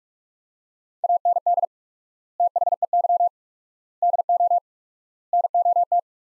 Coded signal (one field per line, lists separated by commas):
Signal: Morse code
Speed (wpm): 46 wpm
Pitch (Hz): 700 Hz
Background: none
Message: AND THEY DO NOT